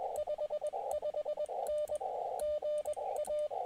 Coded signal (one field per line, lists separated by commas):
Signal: Morse code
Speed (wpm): 21 wpm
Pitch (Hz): 600 Hz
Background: radio noise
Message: 55N GA